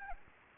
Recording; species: mosquito wingbeat signal from an infrared sensor; Anopheles gambiae